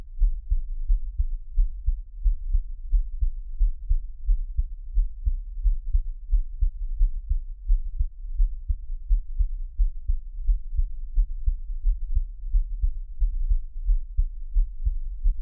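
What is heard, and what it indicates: Steady, deep, muffled thumps repeat at about 88 beats a minute in a regular rhythm, with no talking. This is a person's own adult heartbeat heard up close, made as an ASMR relaxation track, with a faint low hum underneath.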